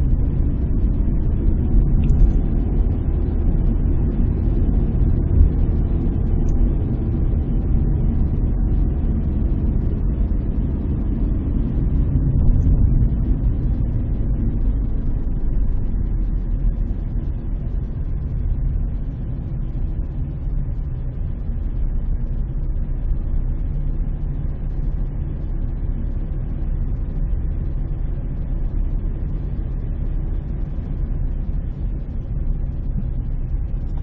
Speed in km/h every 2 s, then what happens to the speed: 35, 38, 37, 35, 33, 30, 25, 20, 16, 15, 15, 15, 15, 15, 15, 15, 14.
0-8 steady at about 35. 8-17 slows to 15. 17-34 steady at about 15.